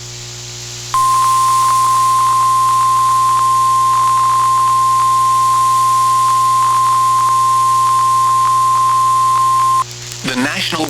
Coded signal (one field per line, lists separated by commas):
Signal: Emergency Alert System (SAME) tones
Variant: 1050 Hz attention tone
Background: speech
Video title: EAS Alerts from 9/6/25 (EAS #187-210)